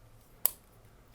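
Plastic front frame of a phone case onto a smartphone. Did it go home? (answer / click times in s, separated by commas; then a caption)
yes / 0.5 s. The plastic front frame of a rugged phone case is pressed over the front of a Galaxy S9 or S9+ smartphone until it snaps into place. A single sharp, bright click sounds at 0.5 s against a quiet background, and the frame is seated.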